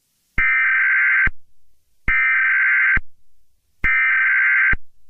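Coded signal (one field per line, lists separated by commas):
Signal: Emergency Alert System (SAME) tones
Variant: header bursts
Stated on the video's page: Fictional, remade EAS scenario with background music.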